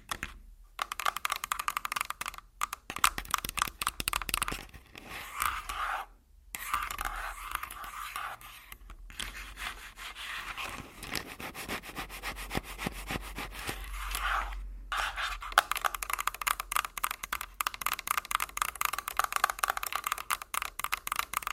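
Fingers tap and scratch on a recorder's body in quick, dense clicks and scrapes, with brief silent gaps near 6, 9 and 15 seconds.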